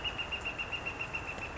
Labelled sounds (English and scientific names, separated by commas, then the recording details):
Northern Flicker (Colaptes auratus)
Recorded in Sonoma County, California